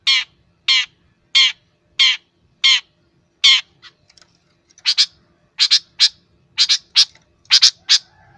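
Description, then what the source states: Long-tailed shrike song: six evenly spaced harsh, buzzy notes, then a brief pause and a faster burst of sharp chattering chips. Masteran training recording for caged songbirds.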